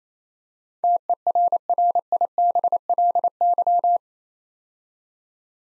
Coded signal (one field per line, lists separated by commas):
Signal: Morse code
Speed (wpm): 29 wpm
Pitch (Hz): 700 Hz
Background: none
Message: TERRIBLY